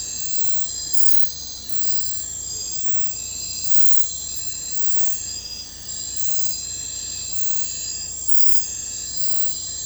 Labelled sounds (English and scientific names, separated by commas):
none